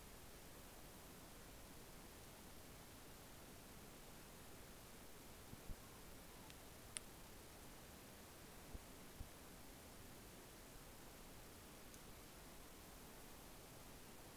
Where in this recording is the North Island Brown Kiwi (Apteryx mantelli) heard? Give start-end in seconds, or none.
none